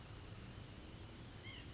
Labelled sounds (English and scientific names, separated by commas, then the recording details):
White-breasted Nuthatch (Sitta carolinensis)
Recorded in Sonoma County, California